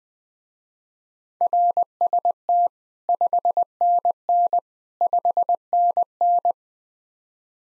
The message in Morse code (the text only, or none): RST 5NN 5NN